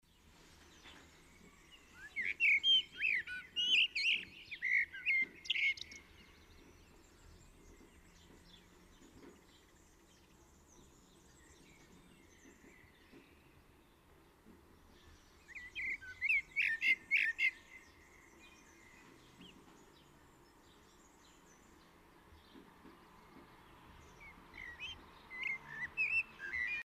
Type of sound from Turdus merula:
song